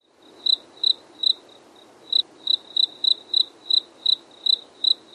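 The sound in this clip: Cricket calling with steady high chirps repeated about three times a second, briefly pausing near the start, over faint low background hiss.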